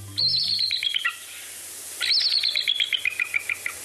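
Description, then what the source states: Bald Eagle call: two squeaky, chittering series of high notes, each starting sharply and falling in pitch, the second longer than the first. Bald eagle perched high in the top branches of a tall tree; its call is likened to a squeaky door.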